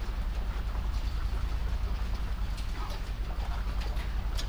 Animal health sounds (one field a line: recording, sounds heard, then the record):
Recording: poultry house recording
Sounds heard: sick chickens (respiratory disease)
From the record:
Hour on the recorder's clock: 19